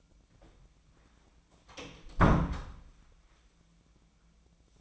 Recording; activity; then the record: daily activity, microphone in the room; close door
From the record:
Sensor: 1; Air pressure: 1009.3 hPa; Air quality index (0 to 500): 184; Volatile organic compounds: 4 ppm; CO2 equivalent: 1553 ppm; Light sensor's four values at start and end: 38/101/41/49 and 37/99/41/48